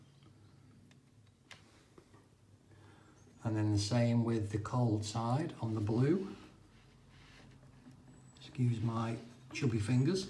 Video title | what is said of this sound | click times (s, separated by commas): How To Fit a Triton AS2000SR Power Shower, Step by Step Guide. | on the hot, and just push it until it snaps into place like so. | 1.5 s